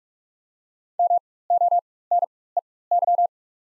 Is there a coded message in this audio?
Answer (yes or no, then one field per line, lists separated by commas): yes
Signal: Morse code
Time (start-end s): 1.0-3.3 s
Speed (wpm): 43 wpm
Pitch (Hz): 700 Hz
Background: none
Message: MONEY